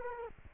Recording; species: mosquito wingbeat signal from an infrared sensor; Culex quinquefasciatus